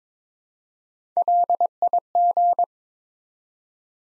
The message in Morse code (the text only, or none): LIG